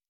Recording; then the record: hydrophone in a shrimp aquaculture tank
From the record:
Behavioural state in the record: normal